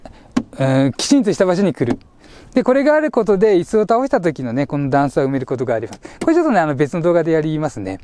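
A two-level plastic cargo board in the luggage area of a Daihatsu Tanto (Funcross Turbo, LA650S) is extended to its upper position and dropped into its side mounting holes. It seats firmly and precisely in place with a short knock at 0.4 s. Someone then talks.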